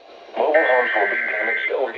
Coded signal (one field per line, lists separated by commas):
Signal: Emergency Alert System (SAME) tones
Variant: header bursts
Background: speech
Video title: Absolute Monstrosity 3… Helene's Terror Across Florida. (EAS Alerts from: 9/24/24-9/26/24)